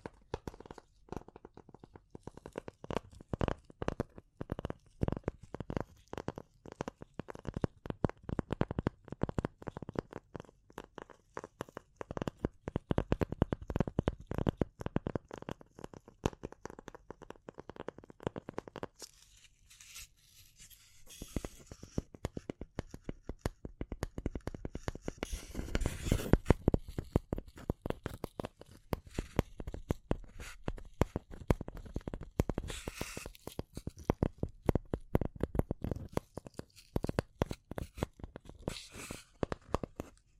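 Tapping and scratching in dense, irregular bursts, quick clicks and scrapes running almost without pause. Around 19 to 21 seconds the sound thins to soft low rustling. Then brighter, harsher scratching returns, with sharper louder strokes near 26 and 33 seconds.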